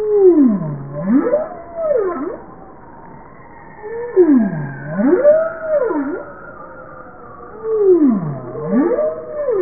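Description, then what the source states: Bowhead whale giving repeated swooping calls, each falling to a low dip then rising and wavering, three bouts about four seconds apart over steady underwater hiss. Recorded 20 April 1988 at 16:26.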